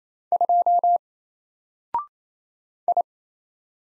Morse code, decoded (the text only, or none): 2 I